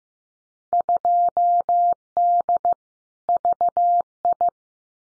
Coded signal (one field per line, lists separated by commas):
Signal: Morse code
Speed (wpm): 15 wpm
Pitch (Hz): 700 Hz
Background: none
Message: 2D VI